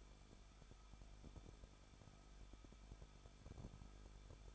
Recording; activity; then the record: daily activity, microphone in the room; no activity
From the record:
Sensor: 5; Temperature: 20.8 degrees Celsius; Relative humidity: 38.3%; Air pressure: 1006.5 hPa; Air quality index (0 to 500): 186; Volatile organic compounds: 18 ppm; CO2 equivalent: 2604 ppm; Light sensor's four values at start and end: 2/3/1/1 and 2/3/1/1